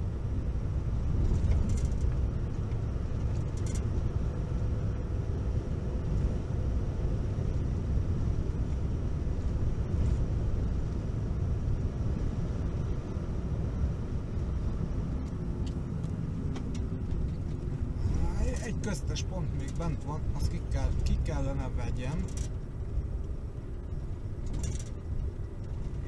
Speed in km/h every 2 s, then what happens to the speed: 50, 51, 53, 53, 53, 52, 51, 48, 38, 35, 31, 26, 21.
0-13 steady at about 52. 13-26 slows to 21.